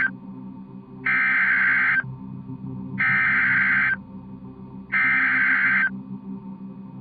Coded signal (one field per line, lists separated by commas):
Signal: Emergency Alert System (SAME) tones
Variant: header bursts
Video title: 4 Scariest Emergency Alerts & EAS Alarms (Vol. 5)